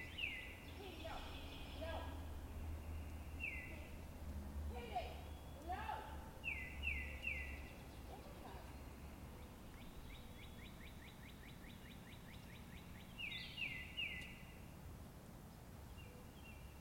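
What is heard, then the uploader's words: Birds call in the forest, with short bright repeated chirps in groups of two or three recurring through the clip, and a rapid trilling run around ten to thirteen seconds. A steady low rumble sits underneath, heaviest in the first eight seconds, with scattered brief bursts. The peaceful sound of birds in the forest.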